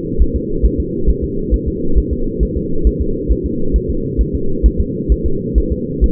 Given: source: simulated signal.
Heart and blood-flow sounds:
fetal heart sounds
0.22 s: S1
0.36 s: S2
0.66 s: S1
0.80 s: S2
1.10 s: S1
1.24 s: S2
1.54 s: S1
1.68 s: S2
1.98 s: S1
2.13 s: S2
2.43 s: S1
2.57 s: S2
2.87 s: S1
3.02 s: S2
3.31 s: S1
3.46 s: S2
3.76 s: S1
3.90 s: S2
4.21 s: S1
4.35 s: S2
4.66 s: S1
4.81 s: S2
5.12 s: S1
5.26 s: S2
5.58 s: S1
5.72 s: S2
6.04 s: S1
From the record:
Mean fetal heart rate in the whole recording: 135 bpm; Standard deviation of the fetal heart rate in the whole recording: 3 bpm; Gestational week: 34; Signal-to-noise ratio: -8.1 dB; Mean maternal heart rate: 72 bpm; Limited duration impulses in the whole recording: absent

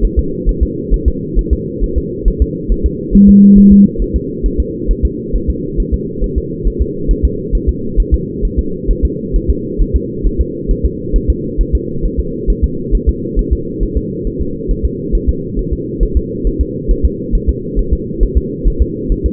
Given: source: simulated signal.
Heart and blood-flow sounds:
fetal heart sounds
0.05 s: S1
0.19 s: S2
0.49 s: S1
0.63 s: S2
0.94 s: S1
1.08 s: S2
1.39 s: S1
1.53 s: S2
1.84 s: S1
1.98 s: S2
2.28 s: S1
2.42 s: S2
2.72 s: S1
2.86 s: S2
3.15 s: S1
3.29 s: S2
3.58 s: S1
3.72 s: S2
4.02 s: S1
4.16 s: S2
4.46 s: S1
4.60 s: S2
4.91 s: S1
5.05 s: S2
5.35 s: S1
5.50 s: S2
5.80 s: S1
5.94 s: S2
6.24 s: S1
6.38 s: S2
6.67 s: S1
6.82 s: S2
7.11 s: S1
7.25 s: S2
7.55 s: S1
7.69 s: S2
8.00 s: S1
8.14 s: S2
8.45 s: S1
8.59 s: S2
8.91 s: S1
9.05 s: S2
9.36 s: S1
9.50 s: S2
9.82 s: S1
9.96 s: S2
10.26 s: S1
10.41 s: S2
10.71 s: S1
10.85 s: S2
11.16 s: S1
11.30 s: S2
11.61 s: S1
11.75 s: S2
12.05 s: S1
12.20 s: S2
12.50 s: S1
12.64 s: S2
12.95 s: S1
13.09 s: S2
13.39 s: S1
13.53 s: S2
13.83 s: S1
13.97 s: S2
14.27 s: S1
14.41 s: S2
14.71 s: S1
14.85 s: S2
15.15 s: S1
15.29 s: S2
15.59 s: S1
15.73 s: S2
16.03 s: S1
16.17 s: S2
16.47 s: S1
16.61 s: S2
16.91 s: S1
17.05 s: S2
17.35 s: S1
17.49 s: S2
17.79 s: S1
17.93 s: S2
18.23 s: S1
18.37 s: S2
18.68 s: S1
18.82 s: S2
19.12 s: S1
19.26 s: S2
From the record:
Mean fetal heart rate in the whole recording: 135 bpm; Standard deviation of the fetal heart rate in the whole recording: 3 bpm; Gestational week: 36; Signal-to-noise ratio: -6.6 dB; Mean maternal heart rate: 72 bpm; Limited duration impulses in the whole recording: present

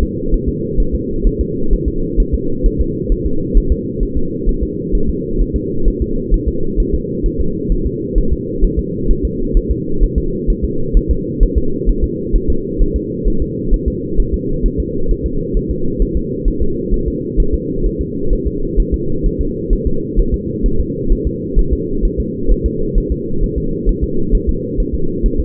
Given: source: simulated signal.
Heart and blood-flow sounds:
fetal heart sounds
0.03 s: S2
0.34 s: S1
0.49 s: S2
0.80 s: S1
0.95 s: S2
1.27 s: S1
1.41 s: S2
1.73 s: S1
1.88 s: S2
2.20 s: S1
2.34 s: S2
2.66 s: S1
2.81 s: S2
3.12 s: S1
3.26 s: S2
3.57 s: S1
3.72 s: S2
4.03 s: S1
4.17 s: S2
4.49 s: S1
4.63 s: S2
4.95 s: S1
5.09 s: S2
5.41 s: S1
5.56 s: S2
5.88 s: S1
6.02 s: S2
6.34 s: S1
6.48 s: S2
6.80 s: S1
6.94 s: S2
7.26 s: S1
7.40 s: S2
7.72 s: S1
7.87 s: S2
8.18 s: S1
8.33 s: S2
8.64 s: S1
8.79 s: S2
9.11 s: S1
9.25 s: S2
9.57 s: S1
9.71 s: S2
10.04 s: S1
10.18 s: S2
10.50 s: S1
10.64 s: S2
10.97 s: S1
11.11 s: S2
11.43 s: S1
11.58 s: S2
11.89 s: S1
12.04 s: S2
12.36 s: S1
12.50 s: S2
12.82 s: S1
12.96 s: S2
13.28 s: S1
13.42 s: S2
13.74 s: S1
13.88 s: S2
14.20 s: S1
14.34 s: S2
14.66 s: S1
14.80 s: S2
15.11 s: S1
15.26 s: S2
15.57 s: S1
15.71 s: S2
16.02 s: S1
16.17 s: S2
16.48 s: S1
16.62 s: S2
16.94 s: S1
17.08 s: S2
17.40 s: S1
17.54 s: S2
17.86 s: S1
18.01 s: S2
18.33 s: S1
18.47 s: S2
18.80 s: S1
18.94 s: S2
19.26 s: S1
19.41 s: S2
19.73 s: S1
19.87 s: S2
20.20 s: S1
20.34 s: S2
20.66 s: S1
20.80 s: S2
21.12 s: S1
21.27 s: S2
21.59 s: S1
21.73 s: S2
22.05 s: S1
22.20 s: S2
22.52 s: S1
22.66 s: S2
22.98 s: S1
23.12 s: S2
23.44 s: S1
23.58 s: S2
23.89 s: S1
24.04 s: S2
24.35 s: S1
24.49 s: S2
24.80 s: S1
24.95 s: S2
25.26 s: S1
25.40 s: S2
From the record:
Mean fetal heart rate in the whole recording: 130 bpm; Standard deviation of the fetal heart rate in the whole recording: 2 bpm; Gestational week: 38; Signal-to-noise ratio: -8.1 dB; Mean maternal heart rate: 72 bpm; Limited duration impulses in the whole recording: absent

